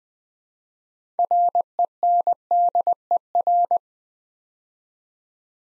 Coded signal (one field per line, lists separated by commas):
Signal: Morse code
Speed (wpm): 20 wpm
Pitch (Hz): 700 Hz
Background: none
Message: RENDER